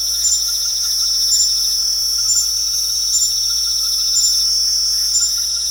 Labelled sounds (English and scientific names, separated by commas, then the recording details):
none
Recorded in pastures near Puerto Asís, Putumayo, Colombia, on 4 March 2025 at 21:30
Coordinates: 0.497, -76.327
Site G072